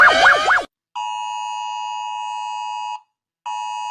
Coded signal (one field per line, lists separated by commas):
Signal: Emergency Alert System (SAME) tones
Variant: 853 and 960 Hz attention tone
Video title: Rating EAS Alarms (Because people are doing it)